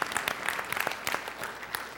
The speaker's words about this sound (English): Let's just give them a round of applause to say thank you.